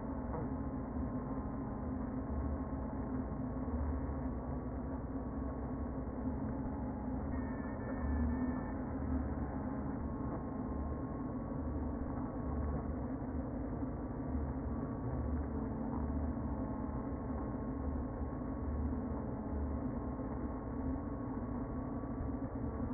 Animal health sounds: honeybee colony, microphone inside the hive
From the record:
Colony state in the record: queen present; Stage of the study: before two queens were removed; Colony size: about 60,000 bees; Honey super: yes

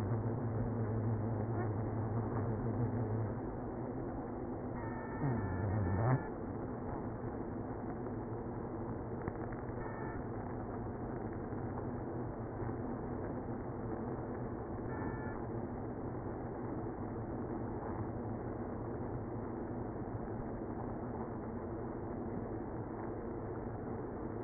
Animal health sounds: honeybee colony, microphone inside the hive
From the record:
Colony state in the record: queenless (queen removed); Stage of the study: after two queens were removed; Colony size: about 60,000 bees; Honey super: yes

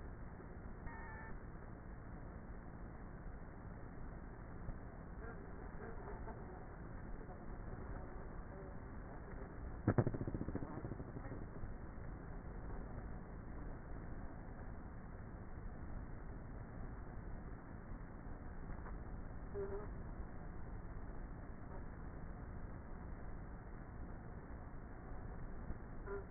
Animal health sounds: honeybee colony, microphone inside the hive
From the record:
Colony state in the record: queenless with a low population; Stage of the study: before two queens were removed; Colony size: about 30,000 bees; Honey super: no

